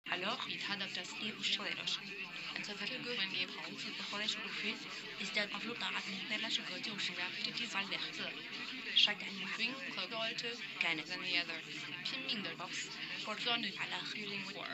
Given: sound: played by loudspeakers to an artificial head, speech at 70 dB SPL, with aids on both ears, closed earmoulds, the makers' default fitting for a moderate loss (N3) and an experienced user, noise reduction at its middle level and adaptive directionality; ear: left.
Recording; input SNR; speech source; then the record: speech test signal (ISTS) in cocktail-party noise; 0 dB; in front (0 degrees)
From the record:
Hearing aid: class 1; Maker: D